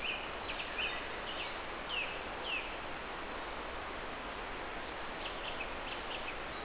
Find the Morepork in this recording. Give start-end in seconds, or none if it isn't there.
none